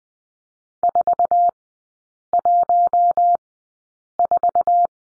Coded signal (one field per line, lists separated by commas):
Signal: Morse code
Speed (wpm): 20 wpm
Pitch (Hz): 700 Hz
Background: none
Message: 414